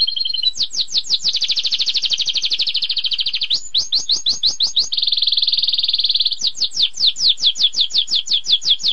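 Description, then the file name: Canary song of rapid sweeping chips repeated several per second, alternating with dense buzzing trills held for a second or more, continuous and loud. Canary song used as training audio for magpie robins, shamas and leafbirds. "kenari untuk kacer murai cucak hijau omkicau com"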